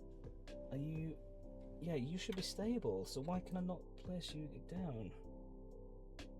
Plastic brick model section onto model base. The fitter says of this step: Right. Okay, it is connected. It just hasn't snapped into place, but it is connected. Right.